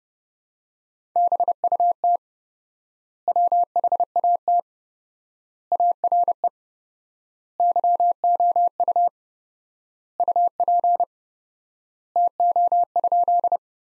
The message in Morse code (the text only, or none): BUT WHAT ARE YOU UP TO?